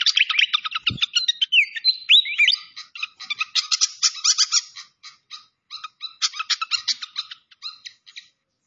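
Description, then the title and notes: Malaysian pied fantail song: bright, varied whistles and rapid staccato chips in quick succession, with one low thump near the start. Masteran (bird-training recording) of a clear-voiced bird. "Masteran Sikatan Kipas Suara Jernih Dan Suara Gemericik Air. Suara Burung Sikatan Londo"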